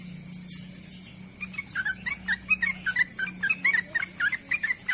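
Bird song starting after a quiet second, then a steady run of quick, bright chirps over a low hum.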